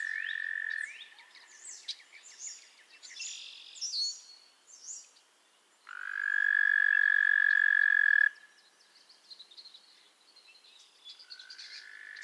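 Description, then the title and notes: Frogs calling: a trill cuts off early, scattered high chirps follow, then another loud trill sounds from six to eight seconds before softer calls. A chorus of frogs crooning to one another on a summer evening at Miners Marsh, Annapolis Valley, Nova Scotia. "Theraphonia - Frogsong at Miners Marsh. A chorus of frogs croon to one another on an idyllic summer evening in Miners Marsh, Annapolis Valley, Nova Scotia"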